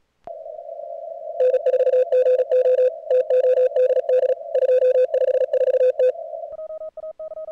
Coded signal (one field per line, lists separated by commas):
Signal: Morse code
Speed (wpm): 36 wpm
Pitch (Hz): 510 Hz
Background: none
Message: N4GO TODD 254T